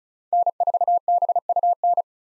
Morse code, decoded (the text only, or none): N4BUN